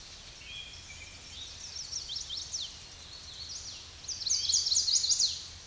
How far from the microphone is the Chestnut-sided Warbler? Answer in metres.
about 45 m